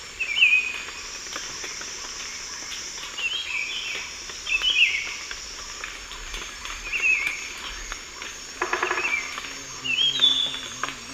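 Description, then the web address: Buff-throated Saltator singing several brief, slurred phrases at irregular intervals, with a steady buzzing insect chorus behind. Song; South America, Eastern Lowlands. "Natures Songs S America Eastern Lowlands. Saltator maximus, song"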